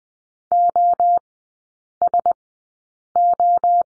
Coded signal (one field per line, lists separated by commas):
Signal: Morse code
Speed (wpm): 20 wpm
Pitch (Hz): 700 Hz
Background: none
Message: OSO